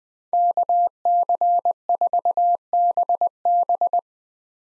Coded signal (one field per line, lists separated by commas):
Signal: Morse code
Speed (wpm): 20 wpm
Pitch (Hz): 700 Hz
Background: none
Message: KC4BB